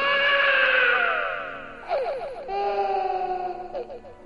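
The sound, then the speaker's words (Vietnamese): A frightened young child, dropped on the ground and waking alone in the dark at night, crying and screaming: a long, loud, high wail that slowly drops in pitch, a burst of choppy hiccuping sobs, then another sustained shrill cry. “Nó sợ hãi, khóc thét lên.”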